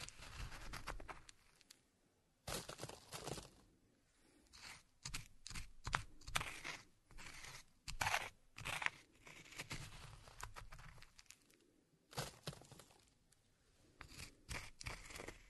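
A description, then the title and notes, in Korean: Walnuts are ground by hand, with dry crackling and crunching that comes in irregular bursts. The grinding is busiest from about three to ten seconds, with short quiet pauses near two and twelve seconds. 호두를 직접 갈아보겠습니다. 손으로 직접 갈아먹는 호두.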